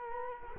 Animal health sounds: mosquito wingbeat signal from an infrared sensor; Culex quinquefasciatus

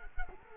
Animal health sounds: mosquito wingbeat signal from an infrared sensor; Culex quinquefasciatus

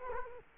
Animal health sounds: mosquito wingbeat signal from an infrared sensor; Culex quinquefasciatus

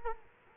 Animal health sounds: mosquito wingbeat signal from an infrared sensor; Culex quinquefasciatus

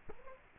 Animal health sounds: mosquito wingbeat signal from an infrared sensor; Culex quinquefasciatus

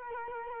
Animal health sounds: mosquito wingbeat signal from an infrared sensor; Culex quinquefasciatus

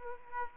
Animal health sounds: mosquito wingbeat signal from an infrared sensor; Aedes aegypti

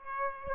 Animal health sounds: mosquito wingbeat signal from an infrared sensor; Aedes aegypti

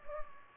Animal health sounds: mosquito wingbeat signal from an infrared sensor; Culex pipiens

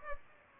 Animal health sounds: mosquito wingbeat signal from an infrared sensor; Aedes aegypti

